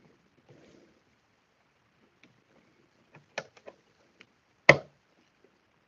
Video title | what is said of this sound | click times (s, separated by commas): 47 - starter CAD PC - removing DIMM_A2* RAM - trying RAM configurations - inspecting graphics card | All right. Those are definite two clicks. | 3.4 s, 4.7 s